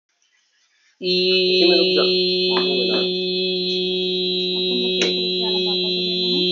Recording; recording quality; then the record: sustained vowel as in beet; excellent, no background noise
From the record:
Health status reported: healthy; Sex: male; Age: 21 years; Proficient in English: yes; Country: India